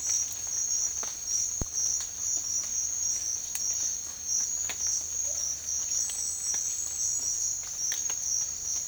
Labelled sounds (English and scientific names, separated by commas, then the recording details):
none
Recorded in secondary vegetation near Puerto Asís, Putumayo, Colombia, on 12 March 2025 at 07:30
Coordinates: 0.499, -76.323
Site G094